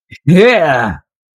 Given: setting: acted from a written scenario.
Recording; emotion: vocal sound without words; elation